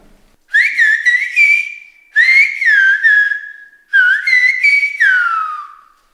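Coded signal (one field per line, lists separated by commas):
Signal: whistled language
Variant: Silbo Gomero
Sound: three bursts of clear melodic whistling, gliding up and down, in a quiet room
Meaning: Close the window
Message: cierra la ventana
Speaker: dile levtate cierra la ventana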